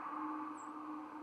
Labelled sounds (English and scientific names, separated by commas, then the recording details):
White-throated Sparrow (Zonotrichia albicollis) flight call
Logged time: 10:42 on 31 October 2014